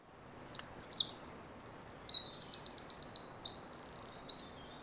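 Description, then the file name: Eurasian wren delivering a long, energetic song of high sweet notes, rapid rattling trills and a fast run of repeated chips, about four seconds without pause. "Troglodytes troglodytes"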